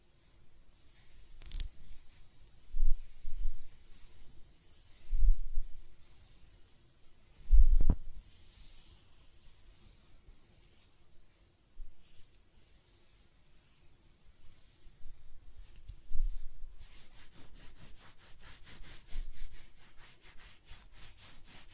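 Hair being scratched, brushed and stroked close-up, with soft rustling strokes and low thumps in irregular bursts through the first half, the loudest around 3, 5 and 8 seconds. A sharp brief click lands near 1.5 seconds. From about 17 seconds, a rapid, even, bristly scratching takes over.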